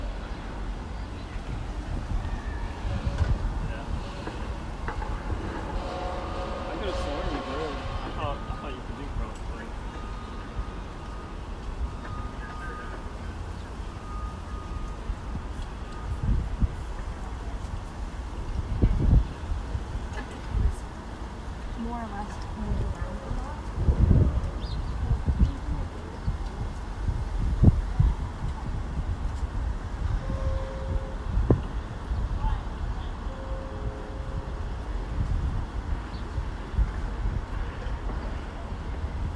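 Outdoors beside a rail trail, a steady low rumble of traffic runs throughout, with occasional thumps and passing swells around 19, 24 and 28 seconds. Faint voices and brief tonal sounds drift in early on, and thin chirps appear near the end.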